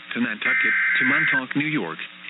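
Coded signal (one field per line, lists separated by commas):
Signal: Emergency Alert System (SAME) tones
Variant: header bursts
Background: speech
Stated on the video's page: Real NOAA Weather Radio alerts: Severe Thunderstorm Watch and Special Marine Warning, with the weather radio transmitter malfunctioning.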